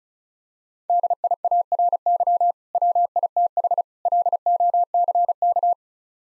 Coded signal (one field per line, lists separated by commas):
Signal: Morse code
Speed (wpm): 36 wpm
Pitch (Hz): 700 Hz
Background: none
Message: DIARY WITH LOCK